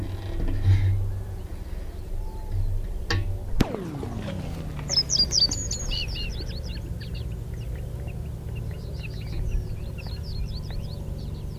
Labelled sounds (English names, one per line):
Common Snipe